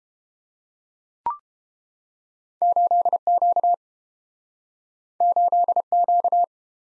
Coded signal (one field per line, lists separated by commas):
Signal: Morse code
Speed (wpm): 29 wpm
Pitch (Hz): 700 Hz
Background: none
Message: 8Q 8Q